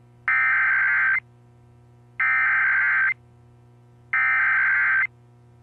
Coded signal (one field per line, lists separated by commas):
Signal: Emergency Alert System (SAME) tones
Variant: header bursts